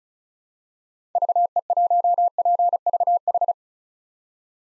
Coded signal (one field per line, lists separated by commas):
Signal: Morse code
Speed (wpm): 36 wpm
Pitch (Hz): 700 Hz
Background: none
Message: VE1PVH